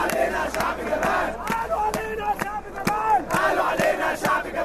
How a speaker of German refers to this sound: Wir gehen an einem Spalier klatschender, singender Männer und Frauen vorbei.